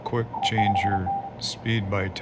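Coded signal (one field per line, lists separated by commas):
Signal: none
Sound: radio button press beeps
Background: speech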